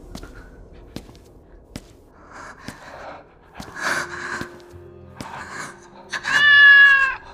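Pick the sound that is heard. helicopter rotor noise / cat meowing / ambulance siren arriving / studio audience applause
cat meowing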